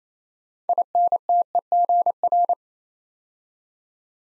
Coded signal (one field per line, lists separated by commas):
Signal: Morse code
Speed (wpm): 28 wpm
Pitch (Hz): 700 Hz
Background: none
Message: INTEGR